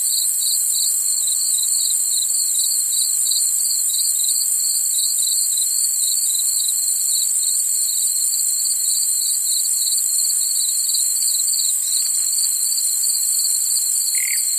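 Cricket singing: a continuous high, rapidly pulsed trill holding steady for the whole stretch, over a constant, higher hiss.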